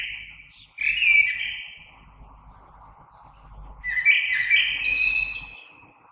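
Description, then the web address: Common blackbird song in two mellow, fluting phrases with thin high notes above, separated by a quiet pause with low background hum. Recorded 3 March 2020. "oiseaux Merle 2020 03 03"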